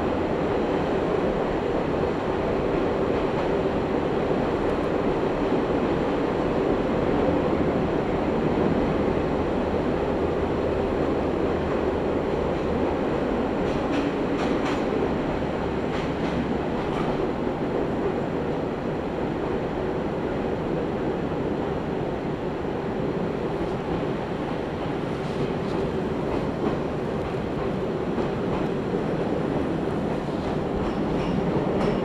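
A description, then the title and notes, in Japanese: A train on the Izuhakone Railway Daiyuzan Line rolls along at a steady pace, its dense low rumble and running noise holding constant throughout. A faint low hum runs underneath early on, and brief bright squeals and clicks from the wheels appear around the middle and later. 伊豆箱根鉄道 大雄山線 小田原→大雄山。列車は３両編成で12分間隔と単線区間の中では最も頻繁に走る路線の一つです。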